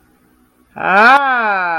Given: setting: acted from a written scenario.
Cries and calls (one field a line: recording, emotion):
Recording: vocal sound without words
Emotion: realization